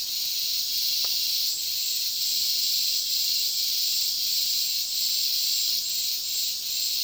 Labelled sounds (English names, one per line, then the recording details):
none
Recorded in dense forest near Puerto Asís, Putumayo, Colombia, on 21 February 2024 at 09:00
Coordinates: 0.466, -76.327
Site G6413